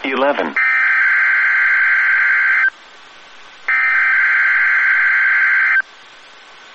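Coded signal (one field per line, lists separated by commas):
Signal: Emergency Alert System (SAME) tones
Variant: header bursts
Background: speech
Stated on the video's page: Multiple EAS test alerts.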